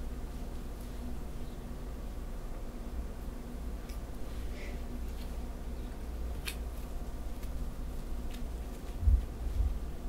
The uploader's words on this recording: ASMR back scratch, hair play & neck tingles on Emily no whisper (fabric sounds & back tracing).